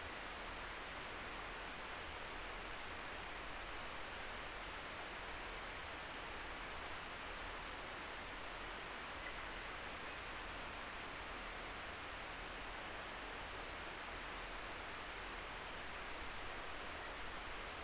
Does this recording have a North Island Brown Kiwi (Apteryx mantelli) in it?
no